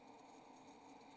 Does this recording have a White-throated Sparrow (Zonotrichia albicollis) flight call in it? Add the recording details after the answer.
no. No flight call is heard. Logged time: 01:27 on 28 November 2014